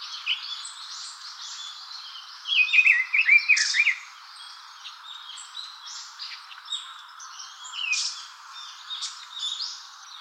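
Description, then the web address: Bird calls as scattered high chirps and twitters, with a louder chattering burst around three seconds, over constant hiss. "birdenaga sousityou"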